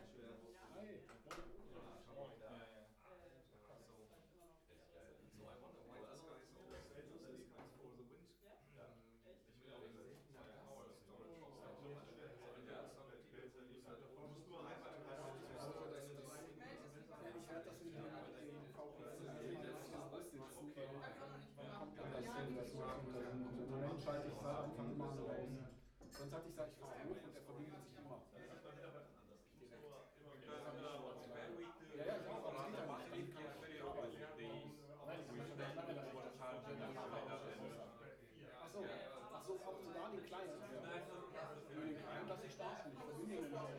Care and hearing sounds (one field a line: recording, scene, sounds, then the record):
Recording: everyday scene through a hearing-aid microphone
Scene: many people talking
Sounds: many voices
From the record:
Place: bistro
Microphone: behind the ear, right, rear